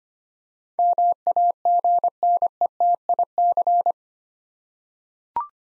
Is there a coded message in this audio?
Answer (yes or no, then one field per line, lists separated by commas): yes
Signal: Morse code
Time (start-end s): 0.8-3.9 s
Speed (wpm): 25 wpm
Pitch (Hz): 700 Hz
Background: none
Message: MAGNETIC